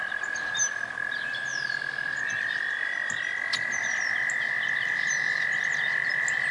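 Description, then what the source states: Frog chorus holding a continuous, even trill throughout, while birds give short sweeping whistles and chirps above it. Frogs at a pond, with birds in the background.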